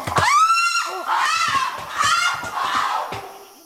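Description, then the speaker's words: Chimpanzee calling with loud harmonic-rich screams, with quick regular thumping beats underneath, over about four seconds. Male drumming in very long, very fast bouts; individual chimpanzees can be identified by the structure of their drumming. "And I got particularly excited every time a chimpanzee called Tristan drummed because he had the greatest drumming style because he was delivering these very long drumming bouts very, very fast."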